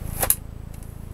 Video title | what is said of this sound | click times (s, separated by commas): Tutorial: How to Disassemble and reassemble a Samsung/RM GT-8000 Laptop | cd-rom drive slot it in until it clicks | 0.3 s